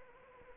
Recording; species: mosquito wingbeat signal from an infrared sensor; Anopheles arabiensis